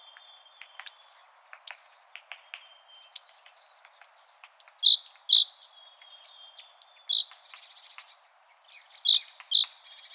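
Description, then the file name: Great tit song: ringing two-note phrases, a high note dropping to a lower one, given in short bursts with brief pauses between. "Parus major"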